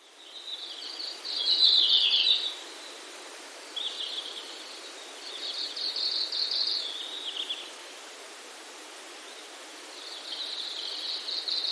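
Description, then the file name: Red-flanked bluetail song: several high, thin warbled phrases separated by quiet pauses, over steady hiss. "ruribi"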